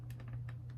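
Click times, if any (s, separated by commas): none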